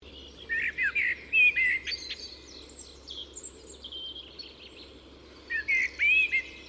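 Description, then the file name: Common blackbird song: mellow warbled phrases around mid pitch, each trailing into thin squeaky twitters, two phrases separated by a few seconds of quieter high chatter. "Turdus merula"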